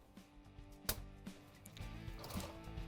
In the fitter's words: tab down there goes through and push it down so it locks in place